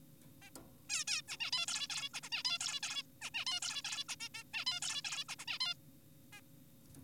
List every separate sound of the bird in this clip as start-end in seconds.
0.42-0.50, 0.90-1.04, 1.08-1.22, 1.28-1.37, 1.40-1.51, 1.52-1.66, 1.68-1.88, 1.90-2.09, 2.14-2.20, 2.23-2.29, 2.32-2.43, 2.45-2.58, 2.60-2.80, 2.83-3.03, 3.22-3.30, 3.34-3.45, 3.47-3.60, 3.62-3.82, 3.84-4.04, 4.09-4.16, 4.20-4.29, 4.34-4.44, 4.54-4.65, 4.67-4.80, 4.82-5.02, 5.04-5.24, 5.29-5.36, 5.39-5.45, 5.48-5.58, 5.60-5.74, 6.33-6.41